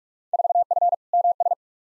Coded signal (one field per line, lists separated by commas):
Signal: Morse code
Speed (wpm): 46 wpm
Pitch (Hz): 700 Hz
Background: none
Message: 4F MS